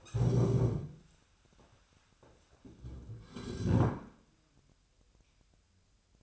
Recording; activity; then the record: daily activity, microphone in the room; stand up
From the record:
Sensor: 2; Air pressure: 1015.1 hPa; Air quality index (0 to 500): 151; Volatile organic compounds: 7 ppm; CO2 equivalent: 1957 ppm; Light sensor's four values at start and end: 12/34/13/15 and 11/31/12/13